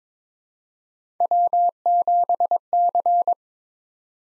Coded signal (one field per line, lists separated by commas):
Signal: Morse code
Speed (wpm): 22 wpm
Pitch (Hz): 700 Hz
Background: none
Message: W7C